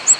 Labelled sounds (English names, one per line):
Ovenbird flight call